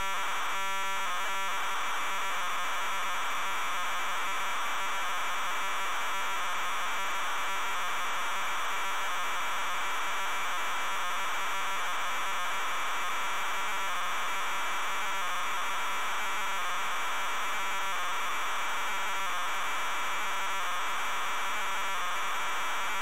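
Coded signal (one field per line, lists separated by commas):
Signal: ZX Spectrum tape loading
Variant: ZX Spectrum cassette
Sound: loud continuous harsh buzzing data screech with rapid warbling, no clear lead tone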